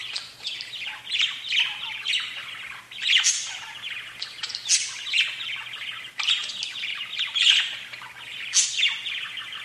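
Budgerigar: budgie chattering, a bright scratchy warble with high squeaky chirps repeated in irregular runs.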